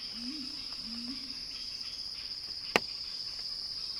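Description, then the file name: Cicada song, a steady high-pitched drone holding one even pitch throughout, with soft low warbling sounds early on and one sharp click near the end. Cicada song building in a crescendo; recorded by Axel Drioli for Sounding Wild. "earth-fm Axel-Drioli Cicada-Crescendo-Sounding-Wild"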